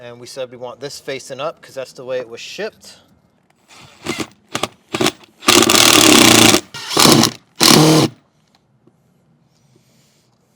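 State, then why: Stripped. Someone talks, then a drill drives a provided mounting screw fitted with a washer into the wall to mount the bracket of an Aquor 80 ft retractable hose reel, running in three loud bursts between about 5.5 and 8.1 seconds. Sharp hits land at 4.5, 4.6, 5.1, 5.7, 6.1 and 7.2 seconds, and the screw strips out, though it is unclear which hit is the actual slip.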